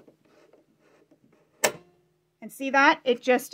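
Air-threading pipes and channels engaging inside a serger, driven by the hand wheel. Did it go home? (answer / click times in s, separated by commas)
yes / 1.6 s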